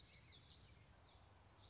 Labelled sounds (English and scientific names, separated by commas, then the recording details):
Common Yellowthroat (Geothlypis trichas)
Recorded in Sonoma County, California